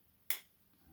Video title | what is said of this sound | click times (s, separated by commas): Wanger - WOC Gen II Outdoor Cutter (9Cr18MoV HRC 58 - 60 Jimping Black) | now clicks you hear that probably | 0.3 s